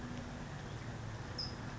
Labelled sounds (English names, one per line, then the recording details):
California Towhee
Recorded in Sonoma County, California